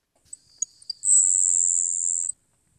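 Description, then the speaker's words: Florida grasshopper sparrow song: three brief, sharp ticks, then a long, very high, insect-like buzz held steady for over a second before it cuts off. Florida grasshopper sparrow, North America's most endangered bird; fewer than 80 left in the wild. "This is the song of North America's most endangered bird. It's the Florida grasshopper sparrow."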